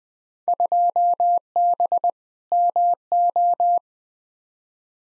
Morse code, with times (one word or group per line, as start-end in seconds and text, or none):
0.5-2.1 2B
2.5-3.8 MO